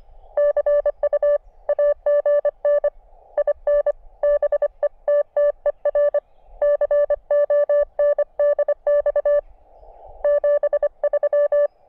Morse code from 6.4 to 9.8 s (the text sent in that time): CONDX